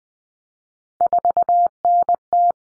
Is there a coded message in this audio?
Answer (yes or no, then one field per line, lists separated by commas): yes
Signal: Morse code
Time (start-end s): 1.0-2.5 s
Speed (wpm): 20 wpm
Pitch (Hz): 700 Hz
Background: none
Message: 4NT